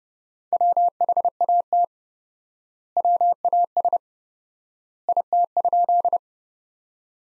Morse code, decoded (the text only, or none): WHAT WAS IT?